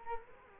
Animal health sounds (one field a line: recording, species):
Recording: mosquito wingbeat signal from an infrared sensor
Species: Culex quinquefasciatus